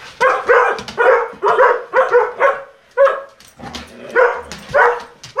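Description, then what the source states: Collie barking, a rapid series of many harsh barks. Four dogs, collies, running and barking in a home Foley session at Cmdln's house.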